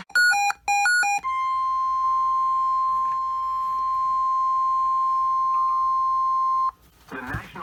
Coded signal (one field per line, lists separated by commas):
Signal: Emergency Alert System (SAME) tones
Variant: 1050 Hz attention tone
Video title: EAS Alerts from April 13, 2020 (EAS #45-56)